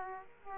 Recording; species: mosquito wingbeat signal from an infrared sensor; Aedes aegypti